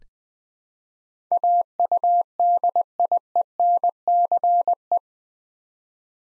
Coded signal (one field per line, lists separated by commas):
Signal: Morse code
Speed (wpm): 20 wpm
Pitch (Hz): 700 Hz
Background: none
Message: AUDIENCE